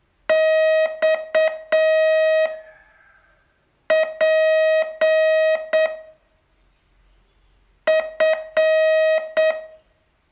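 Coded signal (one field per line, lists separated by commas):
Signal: Morse code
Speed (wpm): 8 wpm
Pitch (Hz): 630 Hz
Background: music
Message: X P F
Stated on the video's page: Day 29 of a 42-day Morse training course.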